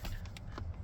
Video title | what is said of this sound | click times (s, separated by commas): F 250,f 350,f 450. Center Console cup holder replacement💯#powerstrokenation #f250 | so they're just popping off right now let me see | 0.4 s, 0.6 s